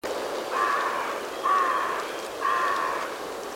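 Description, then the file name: Carrion crow uttering three grating, flat caws about a second apart over steady outdoor background noise. "Corvus corone"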